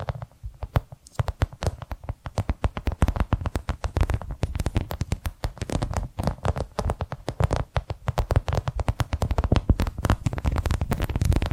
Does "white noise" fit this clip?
no